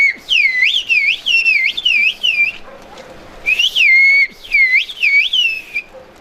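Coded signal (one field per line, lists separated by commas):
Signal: whistled language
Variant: Turkish kuş dili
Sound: loud gliding whistled phrases swooping up and down, two bursts with a pause between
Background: crowd murmur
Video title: Yaşayan İnsan Hazinesine köyünde kuş dili ve kemençe eşliğinde karşılama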